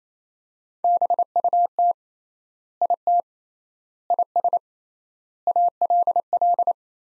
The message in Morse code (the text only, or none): BUT IT IS ALL